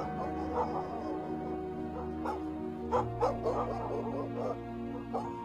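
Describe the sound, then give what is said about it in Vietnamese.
Several neighbour's dogs bark aggressively and angrily in a run of sharp, overlapping barks and yips, some bursts louder than others, over a steady low tonal drone. “Những tiếng lẩm bẩm tự trách của bà chìm trong tiếng chó sủa râm ran của nhà hàng xóm.”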